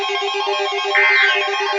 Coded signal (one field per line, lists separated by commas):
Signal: Emergency Alert System (SAME) tones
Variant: end-of-message bursts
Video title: December Showers - EAS Alerts from 12/10/2023 (EAS#515-524)